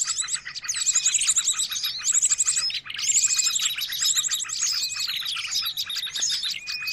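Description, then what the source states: Birds chirping in a dense, continuous chorus of high twittering notes and fast trills, with repeated bursts of very high rattling notes. Noisy birds used to lure birds.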